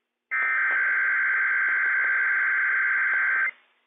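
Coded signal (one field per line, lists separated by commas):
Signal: Emergency Alert System (SAME) tones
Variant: header bursts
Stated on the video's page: Required Weekly Test issued by civil authorities for the Inland Northwest, carried via weather radio station WWF56.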